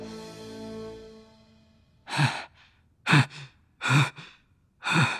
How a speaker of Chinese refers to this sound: 林叔在喘气，他喘得很急很难受，一团火在胸肺熊熊燃烧，不断地往上涌，横冲直撞，非要找个出口。